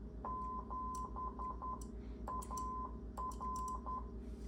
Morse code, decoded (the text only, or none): 7 AR